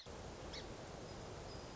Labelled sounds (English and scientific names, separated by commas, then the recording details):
Song Sparrow (Melospiza melodia)
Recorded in Sonoma County, California